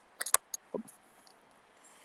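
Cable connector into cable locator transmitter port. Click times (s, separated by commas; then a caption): 0.3 s. Outdoors in snow, a locator cable connector is plugged into the output port of an AG 309 15N cable locator transmitter. A few sharp, bright clicks sound between 0.2 and 0.5 seconds, the loudest at 0.3 s, followed by a duller knock near 0.8 s. The plug locks into the port with that click at 0.3 s, and the connector is seated.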